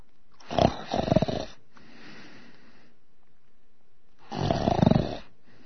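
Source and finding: Adult sleeper. Snoring.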